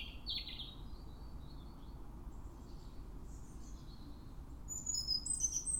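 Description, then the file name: European robin song: a faint high phrase at first, a quieter stretch, then a louder burst of thin, high notes at the end, over low noise. "Erithacus rubecula"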